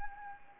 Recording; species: mosquito wingbeat signal from an infrared sensor; Anopheles gambiae